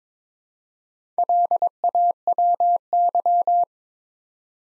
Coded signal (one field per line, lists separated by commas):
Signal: Morse code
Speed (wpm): 22 wpm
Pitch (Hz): 700 Hz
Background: none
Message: LAWY